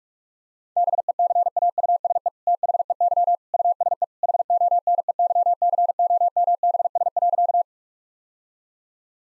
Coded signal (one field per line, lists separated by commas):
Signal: Morse code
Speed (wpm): 41 wpm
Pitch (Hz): 700 Hz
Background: none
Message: BECAUSE THEY USE HONEYCOMBS.